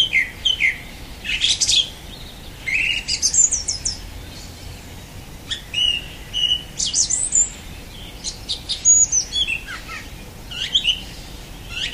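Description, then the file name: Song thrush song: bright varied phrases mixing whistled notes, high thin squeaks and harsh chattering bursts, delivered in short repeated groups with brief pauses. "Golosa ptic - Pevchij drozd"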